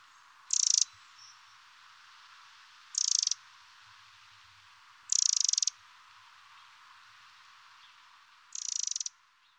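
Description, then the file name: Eurasian wren, short harsh churring rattles, each up to about half a second, repeated roughly every two to three and a half seconds over a steady hiss of background noise. "Troglodyte mignon"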